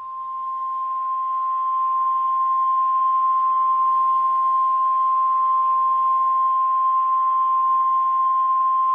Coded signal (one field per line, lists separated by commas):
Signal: Emergency Alert System (SAME) tones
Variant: 1050 Hz attention tone